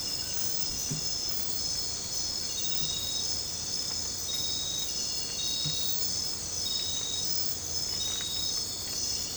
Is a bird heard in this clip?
no